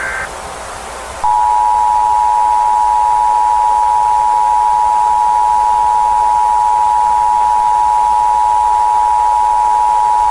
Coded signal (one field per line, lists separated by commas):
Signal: Emergency Alert System (SAME) tones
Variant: 853 and 960 Hz attention tone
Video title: EAS Scenario/Analog & Digital Horror - Sun Explosion